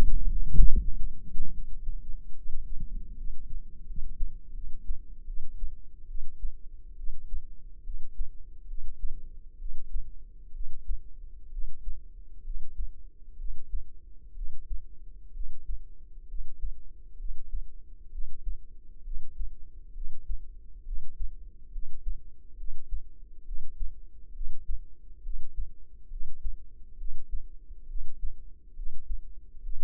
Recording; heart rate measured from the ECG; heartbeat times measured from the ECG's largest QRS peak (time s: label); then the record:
heart sounds by microphone in the left ear; 68 bpm
0.64 s: heartbeat
1.50 s: heartbeat
2.33 s: heartbeat
3.15 s: heartbeat
3.84 s: heartbeat
4.52 s: heartbeat
5.24 s: heartbeat
6.06 s: heartbeat
6.95 s: heartbeat
7.82 s: heartbeat
8.66 s: heartbeat
9.56 s: heartbeat
10.51 s: heartbeat
11.49 s: heartbeat
12.42 s: heartbeat
13.36 s: heartbeat
14.33 s: heartbeat
15.32 s: heartbeat
16.26 s: heartbeat
17.16 s: heartbeat
18.10 s: heartbeat
19.02 s: heartbeat
19.92 s: heartbeat
20.83 s: heartbeat
21.70 s: heartbeat
22.55 s: heartbeat
23.43 s: heartbeat
24.32 s: heartbeat
25.21 s: heartbeat
26.08 s: heartbeat
26.96 s: heartbeat
27.86 s: heartbeat
28.73 s: heartbeat
29.61 s: heartbeat
From the record:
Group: healthy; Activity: Valsalva maneuver 0-3 s, rest 3-30 s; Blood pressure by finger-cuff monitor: 111/75 mmHg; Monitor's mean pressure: 86 mmHg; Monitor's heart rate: 68 bpm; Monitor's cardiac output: 5.2 L/min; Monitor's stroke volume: 76 mL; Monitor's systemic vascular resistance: 1190 dyn s/cm5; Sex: female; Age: 22 years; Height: 160 cm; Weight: 45 kg